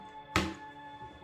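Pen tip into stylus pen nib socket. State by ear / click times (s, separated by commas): seated / 0.4 s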